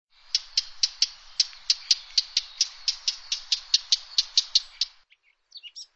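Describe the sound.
Bird call, a dry rattling series of many sharp high clicks lasting about five seconds, followed by a few faint chirps.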